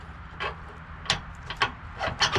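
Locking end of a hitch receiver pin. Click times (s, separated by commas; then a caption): 1.1 s, 1.6 s. The locking end of a B&W Tow and Stow adjustable ball hitch receiver lock is pushed back onto the receiver pin to relock it, with soft rubbing and scraping around it. Sharp clicks ring out at 1.1 s and 1.6 s, and the pin is locked up securely.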